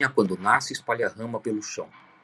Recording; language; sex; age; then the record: short text; Brazilian Portuguese; male; 50 to 59 years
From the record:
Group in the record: control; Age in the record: 58 years